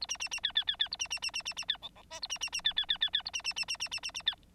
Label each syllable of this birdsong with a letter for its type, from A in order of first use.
A B B B C C C C A B B B B B B C D D E A B B B C C C C C A B B B B B B B B C